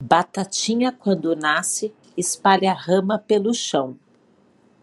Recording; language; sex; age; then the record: short text; Brazilian Portuguese; female; 50 to 59 years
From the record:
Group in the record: control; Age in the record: 52 years